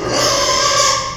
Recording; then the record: squeal of a Yucatan mini pig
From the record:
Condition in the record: before surgery on the right vocal fold (resection and tissue-engineered implant); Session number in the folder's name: 1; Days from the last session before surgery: -3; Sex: male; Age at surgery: 12 weeks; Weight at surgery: 13 kg